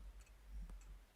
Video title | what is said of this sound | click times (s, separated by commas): Macbook Air M2 16 Gigs Ram 512Gigs SSD Unboxing | make a very positive click, | 0.7 s